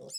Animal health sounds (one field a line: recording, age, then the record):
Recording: pig call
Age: piglet (1 to 25 days)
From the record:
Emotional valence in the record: negative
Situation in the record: short isolation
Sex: male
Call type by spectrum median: high-frequency call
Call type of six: mixed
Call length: 0.19 s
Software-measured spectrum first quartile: 1390 Hz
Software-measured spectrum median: 5122 Hz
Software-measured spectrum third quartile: 6622 Hz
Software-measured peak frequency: 5173 Hz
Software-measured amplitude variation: 128 dB a second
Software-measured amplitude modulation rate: 20.8 a second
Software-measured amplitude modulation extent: 6.1 dB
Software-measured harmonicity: 9.6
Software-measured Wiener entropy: -4.95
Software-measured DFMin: 964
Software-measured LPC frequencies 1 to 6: 513, 2557, 3583, 5182, 6230, 7103 Hz